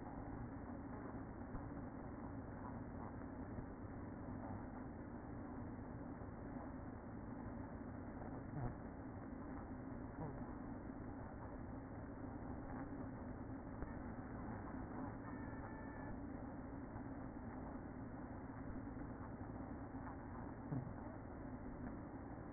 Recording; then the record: honeybee colony, microphone inside the hive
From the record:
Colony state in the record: queen present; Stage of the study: after two queens were removed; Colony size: about 60,000 bees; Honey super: yes